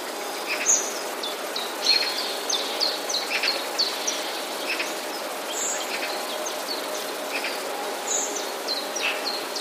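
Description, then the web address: Common chiffchaff: several short, high notes at an uneven pace, with scattered chirps from other birds over a constant hiss. Recorded on 11 October 2014. "wroblowe kontra pierwiosnek 11 10 2014"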